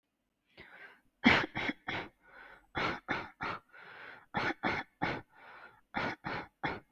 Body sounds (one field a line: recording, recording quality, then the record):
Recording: shallow voluntary cough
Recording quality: excellent, no background noise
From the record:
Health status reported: healthy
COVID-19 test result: negative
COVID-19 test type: RT-PCR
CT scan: not taken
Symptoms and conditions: none ticked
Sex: female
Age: 29 years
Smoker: no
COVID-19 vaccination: one dose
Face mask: not worn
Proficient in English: yes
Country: India